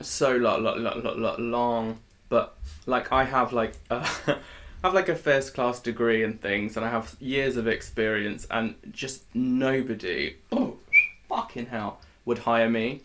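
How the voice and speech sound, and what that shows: An adult woman speaks conversationally, opening with rapid repeated 'lo-lo-lo-long' syllables broken by glottal catches. Mid-sentence, an abrupt out-of-context 'fucking hell' interrupts the flow. These are involuntary vocal tics with coprolalia, the utterance of obscene words, in an adult-onset tic condition beginning around age 26, with physical tics first and vocal tics starting once she could talk again, initially as a coughing noise.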